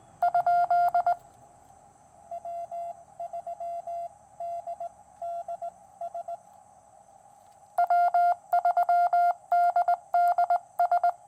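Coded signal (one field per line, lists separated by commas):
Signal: Morse code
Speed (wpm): 19 wpm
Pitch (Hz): 700 Hz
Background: none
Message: ? W3DDS W3DDS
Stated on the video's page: QRP POTA activation on a QRP Labs QMX high-band transceiver with a carbon fiber mast antenna.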